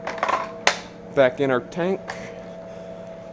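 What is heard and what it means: A firefighter pushes a battery pack back into its slot in the housing of an SCBA breathing-apparatus air tank assembly; a few light taps are followed by one loud, sharp hit at 0.7 s as the battery seats. Someone then talks over a faint steady hum.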